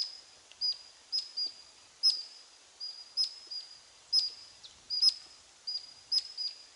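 Giant hummingbird calls: high, sharp whistled chips given singly or in pairs, repeated steadily over a soft background hiss.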